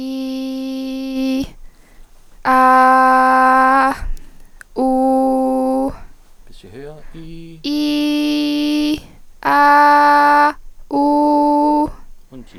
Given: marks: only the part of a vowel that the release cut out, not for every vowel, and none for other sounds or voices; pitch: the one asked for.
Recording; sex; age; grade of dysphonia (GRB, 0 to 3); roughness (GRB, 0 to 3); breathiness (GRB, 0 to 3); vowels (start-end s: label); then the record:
sustained vowels; female; 18 to 19 years; 0; 0; 0
0.00-1.16 s: vowel /i/, low pitch
2.51-3.81 s: vowel /a/, low pitch
4.82-5.84 s: vowel /u/, low pitch
7.70-8.90 s: vowel /i/, high pitch
9.49-10.46 s: vowel /a/, high pitch
10.98-11.81 s: vowel /u/, high pitch
From the record:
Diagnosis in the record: healthy voice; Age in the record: 18 years